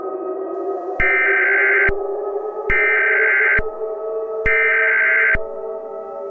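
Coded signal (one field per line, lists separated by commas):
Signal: Emergency Alert System (SAME) tones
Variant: header bursts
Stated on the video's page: Fictional EAS scenario.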